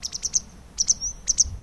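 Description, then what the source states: Tit calls: short high bright notes in quick series, first a run of four, then pairs, with a thin whistle between and low rumbling background noise. Triple call.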